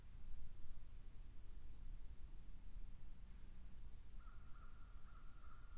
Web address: sound cuban-ivory-billed-woodpecker. دانلود-صدای-دارکوب-نوک-عاجی